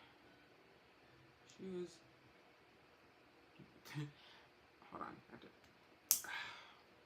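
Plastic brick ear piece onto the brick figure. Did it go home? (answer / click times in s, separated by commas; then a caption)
yes / 6.1 s. A plastic toy-brick ear piece is fitted onto a brick-built figure while someone talks quietly in short bursts. A sharp click at 6.1 seconds marks the part seating into place.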